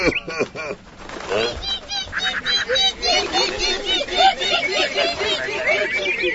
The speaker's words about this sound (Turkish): Bu sesler de ne? Aa, kuşlarmış. Ne de çok kuş öyle. Bütün göğü kaplamışlar sanki. Kafile halinde bir yerlere gidiyorlar herhalde. İyi ama bunlar benim üzerime geliyor.